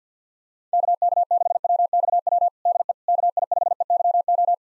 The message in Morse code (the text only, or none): KK6WXW DE KI5EYO